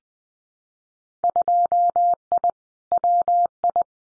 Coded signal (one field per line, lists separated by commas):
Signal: Morse code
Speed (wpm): 19 wpm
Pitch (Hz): 700 Hz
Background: none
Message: 2I WI